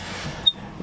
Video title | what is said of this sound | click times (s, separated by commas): 2009 Ford Crown Victoria (P71) Loaded Part 1. | There you go. You heard the click, they close. | 0.5 s